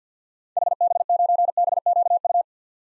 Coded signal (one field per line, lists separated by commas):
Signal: Morse code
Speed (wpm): 50 wpm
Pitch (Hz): 700 Hz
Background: none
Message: HB9BQU